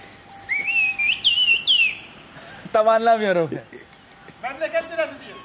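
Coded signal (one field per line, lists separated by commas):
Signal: whistled language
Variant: Turkish Kuş dili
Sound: a loud gliding whistled phrase rising and falling, followed by voiced speech or bleating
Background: speech, farm animals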